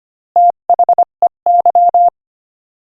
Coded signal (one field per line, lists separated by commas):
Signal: Morse code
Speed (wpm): 24 wpm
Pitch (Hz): 700 Hz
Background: none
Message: THEY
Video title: Morse Code Practice: 25 wpm Joke #16